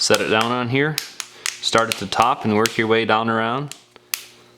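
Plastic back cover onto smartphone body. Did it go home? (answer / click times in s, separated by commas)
yes / 4.1 s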